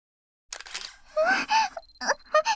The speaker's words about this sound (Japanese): また。シャッターの音響くと